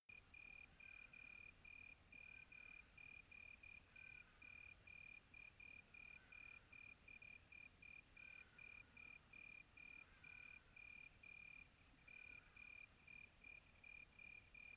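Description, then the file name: Cricket chirping: a steady series of short, high, pure-toned pulses repeated evenly, over a constant shrill high hiss. Recorded on a quiet tropical night. "quiet tropical night with cricket"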